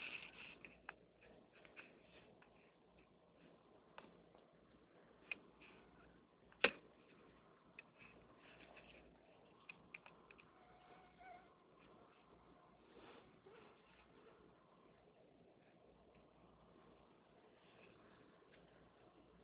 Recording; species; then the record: mosquito flight sound by mobile phone; Anopheles albimanus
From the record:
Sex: male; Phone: Nokia 6555B